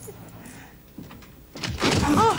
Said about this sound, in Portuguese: Ah! Ai, droga. Ai, essa porta sempre emperra.